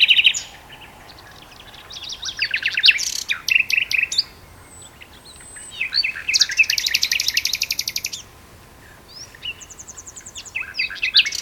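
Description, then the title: Common nightingale song of buzzy rattling trills and harsh rapid note series, broken by pauses. Two birds singing in a duet on Westleton Heath. "sanderson. nightingale duet on westleton heath"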